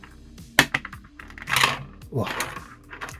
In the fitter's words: it is it does actually click together nice quite firmly you hear that snap